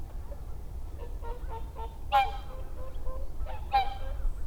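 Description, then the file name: Whooper swan calls: soft bugling notes, then two louder trumpeting honks, over a low rumble. Recorded 30 December 2009. "20091230 oohakutyo"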